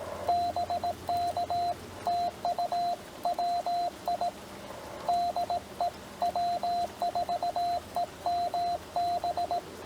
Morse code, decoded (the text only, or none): BK TU WI DE W4EMB